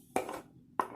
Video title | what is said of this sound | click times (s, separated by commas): Lockdown Bushcraft | it locks in place when you open it so | 0.8 s